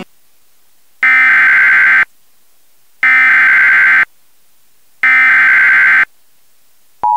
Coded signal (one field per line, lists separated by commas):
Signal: Emergency Alert System (SAME) tones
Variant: header bursts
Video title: (EAS Mock #2) Severe Thunderstorm in Jacksboro